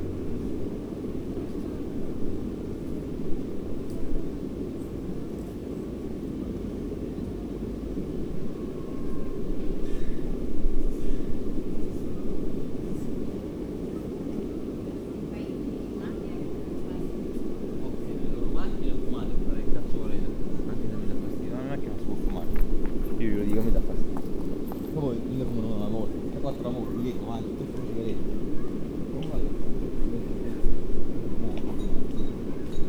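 Outdoor ambience in a city park, carried by a steady low rumble of traffic throughout. From about eighteen seconds on, voices and brief clinks and calls come through, a little brighter, while the background hum slowly swells and eases.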